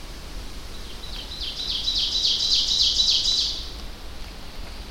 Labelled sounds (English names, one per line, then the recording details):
Ovenbird song
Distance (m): 20 m
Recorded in boreal forest in Alberta, Canada, on 25 June 2016 at 08:11
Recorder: SongMeter 3, array SBT-6-76
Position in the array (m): 298 m, 79 m
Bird 1